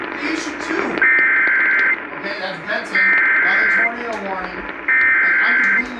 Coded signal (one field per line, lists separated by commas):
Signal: Emergency Alert System (SAME) tones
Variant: header bursts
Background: speech